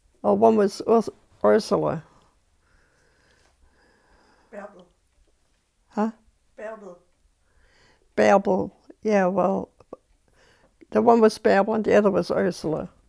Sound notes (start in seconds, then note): 2.0 voice off-mic; 6.1 voice off-mic